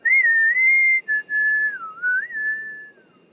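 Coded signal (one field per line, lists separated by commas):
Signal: whistled language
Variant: Kongthong jingrwai iawbei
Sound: one melodic whistled phrase with sliding pitch and two short breaks, about three seconds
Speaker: And then we both got whistle names. - What? That's so cool!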